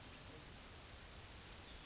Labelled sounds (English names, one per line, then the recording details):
Yellowhammer song
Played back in grassland
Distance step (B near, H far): F
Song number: 133